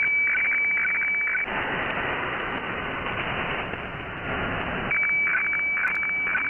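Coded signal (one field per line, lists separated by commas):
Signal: weather fax (radiofax)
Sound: high steady tone broken by rapid low chirps, then a stretch of rushing hiss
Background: radio static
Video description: Decoded weather radiofax broadcasted from Kyodo News Agency in Japan.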